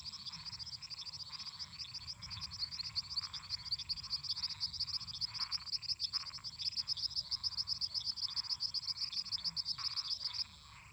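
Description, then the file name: Toad chorus of brief, raspy croaking bursts at irregular intervals, over a constant shrill, pulsing insect chorus that stops just before the end. Toads calling at night together with crickets and cicadas. "Grilos cigarras e sapos cantando a noite"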